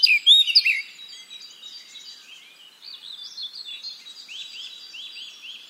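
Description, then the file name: Eurasian blackcap opening with a few loud sharp notes, then a quiet, rambling warble ending in several soft rising-and-falling slurred notes. "Sylvia atricapilla"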